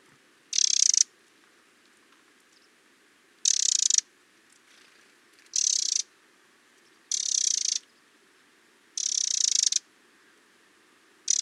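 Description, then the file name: Eurasian wren calling with dry, noisy rattles, half-second bursts spaced irregularly about every one and a half to three seconds. "Troglodytes troglodytes"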